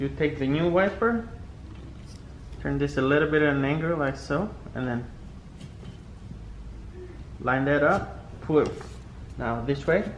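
A new windshield wiper blade for a 2008-2017 Mitsubishi Lancer is tilted at an angle and lined up with the wiper arm hook, then pulled toward it while someone talks. Only speech and faint low background hum are heard between phrases, and the blade has not clicked or seated on the arm yet.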